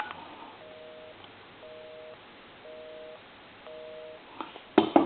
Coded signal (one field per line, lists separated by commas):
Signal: telephone call progress tone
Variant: North America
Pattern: busy tone